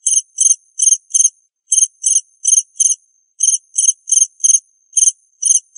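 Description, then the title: Cricket song of bright, trilled chirps delivered mostly in groups of four, with short silent pauses between groups. "suara Hujan Guntur Suara Jangkrik Dan Burung"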